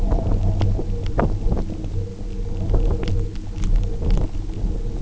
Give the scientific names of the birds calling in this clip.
none